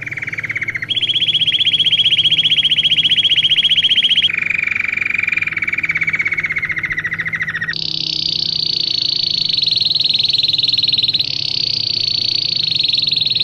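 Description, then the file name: Belgian canary song: long, rapid mechanical trills held at a steady pitch, switching between tours of different pitch every few seconds and ending in higher rolling phrases, over a faint low hum. Plain-headed (non-crested) Belgian canary, described as Australian. "canto do canario belga cabeca lisa australiana"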